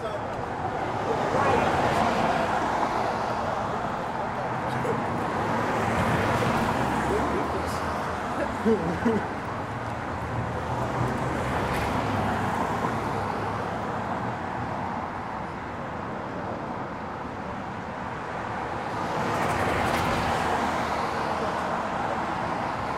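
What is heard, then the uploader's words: Light car traffic passes a storefront in broad, swelling waves, each car rising and fading over a few seconds, with peaks near 2, 6, 12 and 20 seconds. Between passes a steady low hum remains, and faint voices and footsteps come and go. The back and forth movement of water is replicated by light car traffic in front of the Outpost coffee shop in Clinton Hill. Light foot traffic, friends saying goodbye, and a passing moped that jingles its way passed the storefront.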